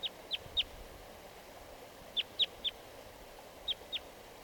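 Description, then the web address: Crossbill calls: short, sharp, high chips in three quick bursts over a few seconds, against a soft hiss. Wild bird singing in the tree behind the net; flight call leading into song. "MVZ"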